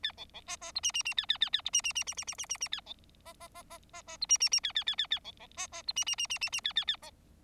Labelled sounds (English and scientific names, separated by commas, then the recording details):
Bengalese Finch (Lonchura striata domestica) song
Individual Bird4